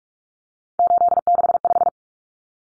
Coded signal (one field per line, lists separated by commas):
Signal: Morse code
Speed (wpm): 44 wpm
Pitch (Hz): 700 Hz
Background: none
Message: 865